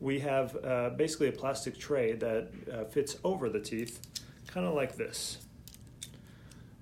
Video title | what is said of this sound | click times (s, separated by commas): Invisalign Q + A | if you kind of look there just snaps into place real snug and nice | 6.0 s